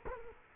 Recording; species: mosquito wingbeat signal from an infrared sensor; Culex quinquefasciatus